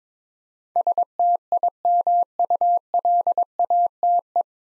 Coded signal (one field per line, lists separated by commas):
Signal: Morse code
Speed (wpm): 22 wpm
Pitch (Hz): 700 Hz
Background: none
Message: STIMULATE